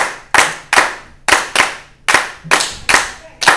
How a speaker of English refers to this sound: So everybody clap your hand like that.